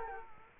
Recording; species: mosquito wingbeat signal from an infrared sensor; Culex quinquefasciatus